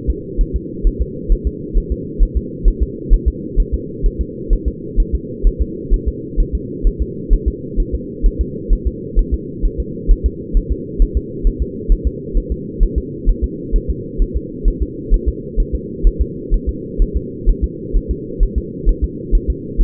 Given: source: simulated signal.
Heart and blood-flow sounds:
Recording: fetal heart sounds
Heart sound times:
0.10 s: S2
0.41 s: S1
0.56 s: S2
0.87 s: S1
1.01 s: S2
1.32 s: S1
1.47 s: S2
1.77 s: S1
1.92 s: S2
2.23 s: S1
2.37 s: S2
2.68 s: S1
2.82 s: S2
3.14 s: S1
3.28 s: S2
3.60 s: S1
3.74 s: S2
4.06 s: S1
4.21 s: S2
4.53 s: S1
4.68 s: S2
5.00 s: S1
5.15 s: S2
5.47 s: S1
5.62 s: S2
5.94 s: S1
6.08 s: S2
6.40 s: S1
6.55 s: S2
6.87 s: S1
7.02 s: S2
7.33 s: S1
7.48 s: S2
7.80 s: S1
7.94 s: S2
8.26 s: S1
8.41 s: S2
8.73 s: S1
8.87 s: S2
9.19 s: S1
9.34 s: S2
9.65 s: S1
9.80 s: S2
10.11 s: S1
10.26 s: S2
10.57 s: S1
10.72 s: S2
11.02 s: S1
11.17 s: S2
11.47 s: S1
11.62 s: S2
11.92 s: S1
12.07 s: S2
12.38 s: S1
12.52 s: S2
12.83 s: S1
12.98 s: S2
13.29 s: S1
13.44 s: S2
13.76 s: S1
13.90 s: S2
14.22 s: S1
14.37 s: S2
14.68 s: S1
14.82 s: S2
15.14 s: S1
15.28 s: S2
15.60 s: S1
15.75 s: S2
16.07 s: S1
16.21 s: S2
16.54 s: S1
16.69 s: S2
17.02 s: S1
17.16 s: S2
17.50 s: S1
17.64 s: S2
17.97 s: S1
18.11 s: S2
18.43 s: S1
18.58 s: S2
18.89 s: S1
19.04 s: S2
19.35 s: S1
19.50 s: S2
19.81 s: S1
From the record:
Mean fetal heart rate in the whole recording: 130 bpm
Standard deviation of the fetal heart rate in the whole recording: 2 bpm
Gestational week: 38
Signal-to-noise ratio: -4.1 dB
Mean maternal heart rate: no maternal heart sound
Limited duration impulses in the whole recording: absent

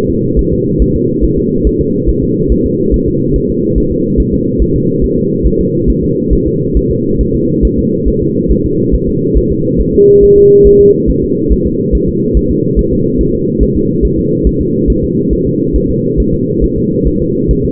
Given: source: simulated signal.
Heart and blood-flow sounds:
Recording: fetal heart sounds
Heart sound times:
0.10 s: S2
0.39 s: S1
0.53 s: S2
0.82 s: S1
0.96 s: S2
1.25 s: S1
1.39 s: S2
1.67 s: S1
1.81 s: S2
2.09 s: S1
2.23 s: S2
2.52 s: S1
2.66 s: S2
2.94 s: S1
3.08 s: S2
3.36 s: S1
3.50 s: S2
3.78 s: S1
3.92 s: S2
4.20 s: S1
4.34 s: S2
4.62 s: S1
4.76 s: S2
5.04 s: S1
5.18 s: S2
5.46 s: S1
5.61 s: S2
5.90 s: S1
6.04 s: S2
6.33 s: S1
6.47 s: S2
6.77 s: S1
6.91 s: S2
7.21 s: S1
7.35 s: S2
7.65 s: S1
7.79 s: S2
8.08 s: S1
8.22 s: S2
8.51 s: S1
8.66 s: S2
8.94 s: S1
9.09 s: S2
9.38 s: S1
9.52 s: S2
9.81 s: S1
9.95 s: S2
10.24 s: S1
10.38 s: S2
10.67 s: S1
10.81 s: S2
11.10 s: S1
11.24 s: S2
11.52 s: S1
11.66 s: S2
11.95 s: S1
12.09 s: S2
12.37 s: S1
12.51 s: S2
12.79 s: S1
12.93 s: S2
13.21 s: S1
13.35 s: S2
13.63 s: S1
13.77 s: S2
14.05 s: S1
14.19 s: S2
14.47 s: S1
14.61 s: S2
14.90 s: S1
15.04 s: S2
15.33 s: S1
15.47 s: S2
15.76 s: S1
15.90 s: S2
16.20 s: S1
16.34 s: S2
16.64 s: S1
16.78 s: S2
17.07 s: S1
17.22 s: S2
17.51 s: S1
17.65 s: S2
From the record:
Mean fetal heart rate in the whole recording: 140 bpm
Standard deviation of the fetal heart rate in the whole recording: 2 bpm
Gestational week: 34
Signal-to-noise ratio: -11.2 dB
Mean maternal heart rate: 72 bpm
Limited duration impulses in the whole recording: present

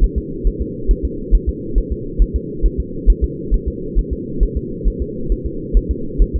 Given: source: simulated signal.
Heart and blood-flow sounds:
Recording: fetal heart sounds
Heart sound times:
0.04 s: S1
0.18 s: S2
0.47 s: S1
0.61 s: S2
0.91 s: S1
1.05 s: S2
1.35 s: S1
1.49 s: S2
1.78 s: S1
1.92 s: S2
2.22 s: S1
2.36 s: S2
2.66 s: S1
2.80 s: S2
3.10 s: S1
3.24 s: S2
3.54 s: S1
3.68 s: S2
3.99 s: S1
4.13 s: S2
4.43 s: S1
4.57 s: S2
4.88 s: S1
5.02 s: S2
5.32 s: S1
5.46 s: S2
5.77 s: S1
5.91 s: S2
6.22 s: S1
6.36 s: S2
From the record:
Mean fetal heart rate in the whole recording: 135 bpm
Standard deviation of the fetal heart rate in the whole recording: 3 bpm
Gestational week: 36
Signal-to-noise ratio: -4.3 dB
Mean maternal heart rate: 72 bpm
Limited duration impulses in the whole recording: absent

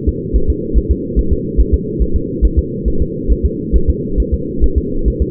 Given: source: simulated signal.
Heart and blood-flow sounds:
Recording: fetal heart sounds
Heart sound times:
0.09 s: S2
0.36 s: S1
0.50 s: S2
0.78 s: S1
0.91 s: S2
1.19 s: S1
1.33 s: S2
1.60 s: S1
1.74 s: S2
2.02 s: S1
2.16 s: S2
2.45 s: S1
2.59 s: S2
2.88 s: S1
3.02 s: S2
3.32 s: S1
3.45 s: S2
3.76 s: S1
3.89 s: S2
4.20 s: S1
4.34 s: S2
4.64 s: S1
4.78 s: S2
5.08 s: S1
5.22 s: S2
From the record:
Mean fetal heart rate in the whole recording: 140 bpm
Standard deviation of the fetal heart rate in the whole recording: 2 bpm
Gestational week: 34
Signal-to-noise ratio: -8.1 dB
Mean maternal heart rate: 72 bpm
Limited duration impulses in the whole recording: absent

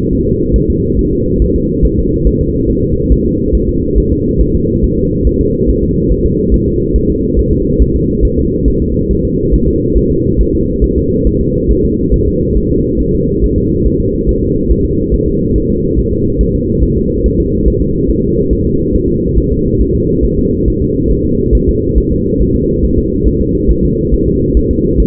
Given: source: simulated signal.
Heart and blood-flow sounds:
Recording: fetal heart sounds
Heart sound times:
0.13 s: S1
0.27 s: S2
0.56 s: S1
0.70 s: S2
0.99 s: S1
1.13 s: S2
1.42 s: S1
1.56 s: S2
1.85 s: S1
1.99 s: S2
2.27 s: S1
2.41 s: S2
2.70 s: S1
2.84 s: S2
3.12 s: S1
3.26 s: S2
3.55 s: S1
3.69 s: S2
3.98 s: S1
4.12 s: S2
4.41 s: S1
4.55 s: S2
4.84 s: S1
4.98 s: S2
5.27 s: S1
5.41 s: S2
5.69 s: S1
5.83 s: S2
6.12 s: S1
6.26 s: S2
6.54 s: S1
6.68 s: S2
6.96 s: S1
7.10 s: S2
7.39 s: S1
7.53 s: S2
7.82 s: S1
7.96 s: S2
8.25 s: S1
8.39 s: S2
8.68 s: S1
8.82 s: S2
9.11 s: S1
9.25 s: S2
9.54 s: S1
9.68 s: S2
9.97 s: S1
10.11 s: S2
10.41 s: S1
10.55 s: S2
10.84 s: S1
10.98 s: S2
11.27 s: S1
11.41 s: S2
11.71 s: S1
11.85 s: S2
12.14 s: S1
12.28 s: S2
12.58 s: S1
12.72 s: S2
13.01 s: S1
13.15 s: S2
13.44 s: S1
13.58 s: S2
13.86 s: S1
14.00 s: S2
14.29 s: S1
14.43 s: S2
14.71 s: S1
14.85 s: S2
15.14 s: S1
15.28 s: S2
15.56 s: S1
15.70 s: S2
15.99 s: S1
16.13 s: S2
16.41 s: S1
16.55 s: S2
16.83 s: S1
16.97 s: S2
17.26 s: S1
17.40 s: S2
17.68 s: S1
17.82 s: S2
18.10 s: S1
18.25 s: S2
18.53 s: S1
18.67 s: S2
18.95 s: S1
19.09 s: S2
19.38 s: S1
19.52 s: S2
19.81 s: S1
19.95 s: S2
20.25 s: S1
20.39 s: S2
20.68 s: S1
20.82 s: S2
21.11 s: S1
21.25 s: S2
21.55 s: S1
21.69 s: S2
21.98 s: S1
22.12 s: S2
22.42 s: S1
22.55 s: S2
22.85 s: S1
22.99 s: S2
23.28 s: S1
23.42 s: S2
23.71 s: S1
23.85 s: S2
24.14 s: S1
24.28 s: S2
24.57 s: S1
24.71 s: S2
25.00 s: S1
From the record:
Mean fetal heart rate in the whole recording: 140 bpm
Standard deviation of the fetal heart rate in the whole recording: 2 bpm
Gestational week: 34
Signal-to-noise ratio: -10.2 dB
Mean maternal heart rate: 72 bpm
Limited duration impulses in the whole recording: present

